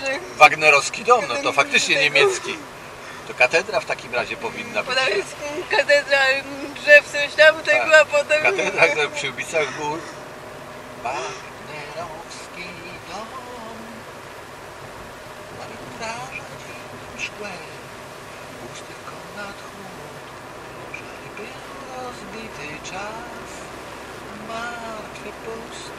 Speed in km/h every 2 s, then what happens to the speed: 58, 57, 57, 58, 59, 60, 59, 59, 59, 58, 59, 62, 64.
0-19 steady at about 58. 19-26 speeds up to 64.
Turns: none.